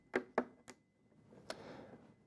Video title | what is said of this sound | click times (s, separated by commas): Ooma Connect Installation - How to Install Ooma Connect - Tutorial | When it's fully inserted, you'll hear a nice little click. | 0.4 s